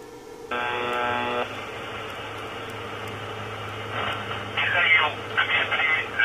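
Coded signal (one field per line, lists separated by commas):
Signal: numbers station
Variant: UVB-76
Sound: one short harsh buzz, then steady radio hiss and low hum, then a voice speaking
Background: radio static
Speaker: okay so this is the voice that will come on uh at random times of day uh specific days of the month uh tell me this isn't creepy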